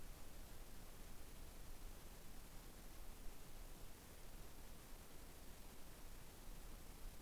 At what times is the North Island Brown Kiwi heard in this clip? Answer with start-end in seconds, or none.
none